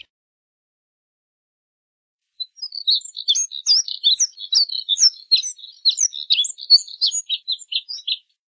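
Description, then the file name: Moussier's redstart song: after a quiet start, a fast, jumbled high warble of chirpy notes continues for nearly six seconds. "Canto do Redstart de Moussier"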